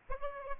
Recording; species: mosquito wingbeat signal from an infrared sensor; Aedes albopictus